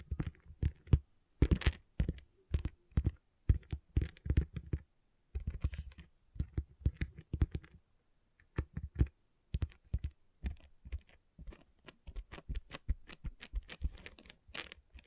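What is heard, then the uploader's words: Small pixel art beads click and tap in quick, irregular bursts, each sharp and bright with a light knock underneath. The clicking comes in clusters of several taps, with brief gaps near five and eight seconds before the steady rattling resumes. ASMR Relaxing Pixel Art Beads ( No Talking).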